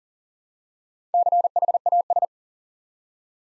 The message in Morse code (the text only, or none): CHAS